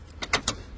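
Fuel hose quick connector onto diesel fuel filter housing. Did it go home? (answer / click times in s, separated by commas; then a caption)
yes / 0.3 s, 0.5 s. A diesel supply hose quick-connect coupling on a 1.5 dCi 110 hp engine is pushed onto the fuel filter housing fitting. Two sharp clicks are heard at 0.3 s and 0.5 s. The connector is confirmed seated, having clicked in on both sides.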